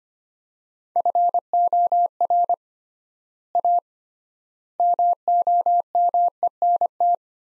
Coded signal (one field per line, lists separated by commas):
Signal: Morse code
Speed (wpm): 25 wpm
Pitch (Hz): 700 Hz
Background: none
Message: FOR A MOMENT